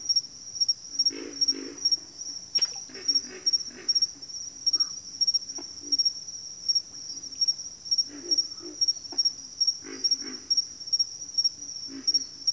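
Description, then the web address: Chorus of pig frogs, repeated low guttural grunts in clustered series, accompanied by a constant high rhythmic insect chirring. Several pig frogs calling in a bayou. "The Natural Sounds of the Wilderness. Echoes of Nature - Bayou. Pig Frogs"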